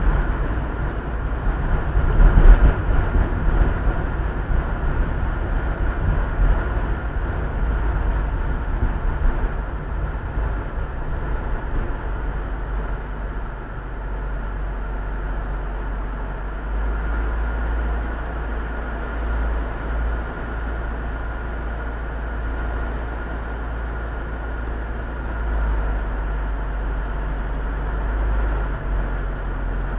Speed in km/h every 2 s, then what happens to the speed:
35, 30, 26, 23, 19, 13, 5, 3, 0, 0, 0, 0, 0, 0, 0.
0-15 slows to 0. 15-30 standing.